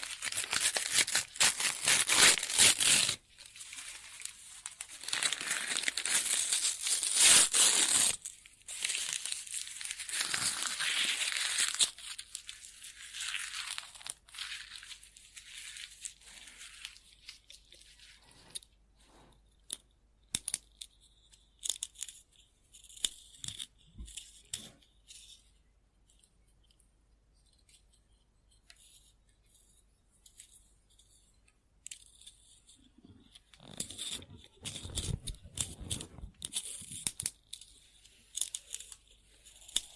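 Scribbling on paper, with dense, scratchy strokes through the first fifteen seconds, loudest in the opening three. The marks then thin to sparse taps and short scratches with quiet gaps, before another brief flurry of scribbling around thirty-five seconds.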